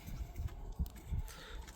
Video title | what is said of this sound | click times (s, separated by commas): YotaForge3D 200 Series cargo light install guide | Perfect. And you'll obviously hear a click. | 0.9 s